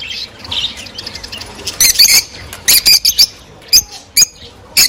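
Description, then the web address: Rosy-faced lovebird chirps: soft twitter first, then loud shrill squeaky notes in uneven groups. Several rosy-faced lovebirds; the singing and chirping is described as beautiful and cheerful. "krasivoe i veseloe penie i chirikane rozovoshhekih nerazluchnikov. parrots agapornis-roseicollis"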